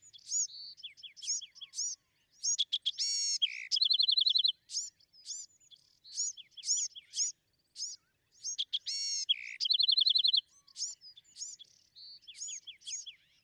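Bewick's wren song: two phrases with a harsh buzzy note and a fast mechanical trill, near the third and ninth seconds, linked by repeated sharp chips.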